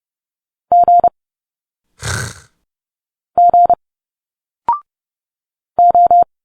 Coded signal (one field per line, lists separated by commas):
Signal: Morse code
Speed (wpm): 29 wpm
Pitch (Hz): 700 Hz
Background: none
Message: G G O